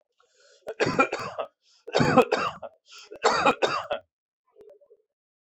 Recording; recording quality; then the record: heavy voluntary cough; excellent, no background noise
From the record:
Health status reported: exposed to COVID-19, no respiratory illness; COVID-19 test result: negative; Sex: male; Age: 53 years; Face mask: worn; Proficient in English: yes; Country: India